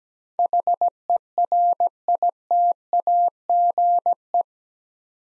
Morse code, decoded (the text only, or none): HERITAGE